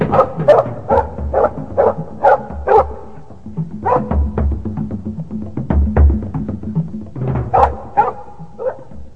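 Dogs belonging to a band of guerrillas bark after midnight as they catch a man's scent and chase him: quick, repeated bursts, a rapid run of sharp, mid-pitched barks at first, then looser, overlapping barking that swells again near the end. No voices are heard.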